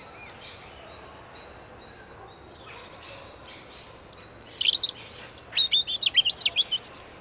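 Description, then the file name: European robin with a quiet start, then a fast run of high, thin, tinkling notes rising and falling through the second half. "Erithacus rubecula"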